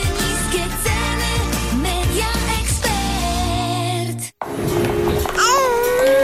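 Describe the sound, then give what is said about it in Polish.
A baby babbles and coos in a continuous stream of rising and falling syllables over a steady low background tone, with a brief silent break just before the end. “Jej, jaki śliczny dzidziuś. Zobacz.”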